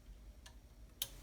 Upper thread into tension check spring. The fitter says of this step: pull and you'll hear a click so once you hear that click then pull the thread back to the left